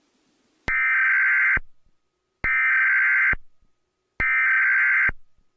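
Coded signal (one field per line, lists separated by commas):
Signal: Emergency Alert System (SAME) tones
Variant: header bursts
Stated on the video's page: Fictional EAS scenario for entertainment, not a real alert.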